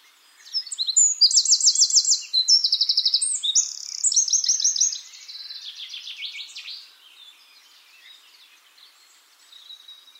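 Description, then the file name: Eurasian wren song: a loud, high rush of fast rattling trills and bright notes for about four seconds, then softer twittering that fades away. "Troglodytes troglodytes"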